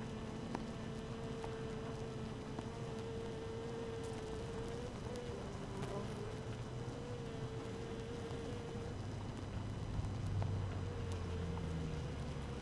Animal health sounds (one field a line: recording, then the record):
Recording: honeybee colony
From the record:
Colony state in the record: active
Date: 12 June 2018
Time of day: 6:59